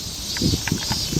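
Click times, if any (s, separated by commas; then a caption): none. A film magazine is fitted back onto a Mamiya Magazine 35 camera body, and someone tries to latch it, making soft handling and rustling noises with a brief sharp knock near 0.7 s. The magazine has not latched properly, so nothing has seated or clicked yet.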